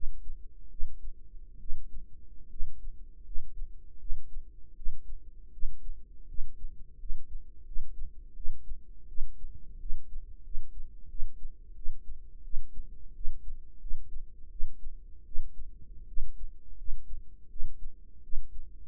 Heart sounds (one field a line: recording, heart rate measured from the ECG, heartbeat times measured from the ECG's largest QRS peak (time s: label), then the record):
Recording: heart sounds by microphone in the right ear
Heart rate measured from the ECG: 82 bpm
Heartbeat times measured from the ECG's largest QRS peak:
0.69 s: heartbeat
1.59 s: heartbeat
2.49 s: heartbeat
3.24 s: heartbeat
3.98 s: heartbeat
4.75 s: heartbeat
5.51 s: heartbeat
6.27 s: heartbeat
6.98 s: heartbeat
7.64 s: heartbeat
8.34 s: heartbeat
9.07 s: heartbeat
9.78 s: heartbeat
10.43 s: heartbeat
11.08 s: heartbeat
11.75 s: heartbeat
12.43 s: heartbeat
13.14 s: heartbeat
13.79 s: heartbeat
14.50 s: heartbeat
15.24 s: heartbeat
16.06 s: heartbeat
16.76 s: heartbeat
17.49 s: heartbeat
18.22 s: heartbeat
From the record:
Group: healthy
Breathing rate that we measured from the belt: 19 breaths a minute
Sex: female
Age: 22 years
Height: 157 cm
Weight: 47.6 kg